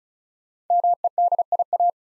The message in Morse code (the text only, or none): MEDIA